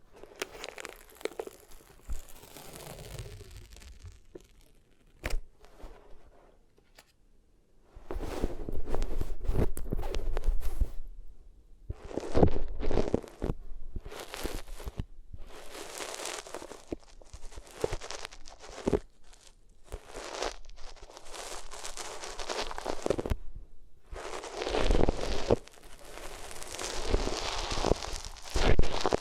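Ears are rubbed against different materials, making scratchy, crackling swishes. The first several seconds are soft, low brushing with a few sharp clicks. From about eight seconds on, louder, dense bursts of scraping and crunching arrive in irregular strokes, separated by brief near-silent pauses.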